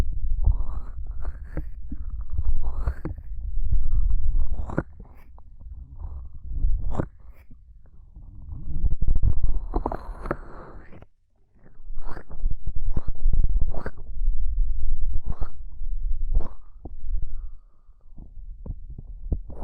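Ear cupping triggers: muffled, low thumping and rubbing in uneven bursts, with sharp crackly taps every second or two and brief quiet gaps.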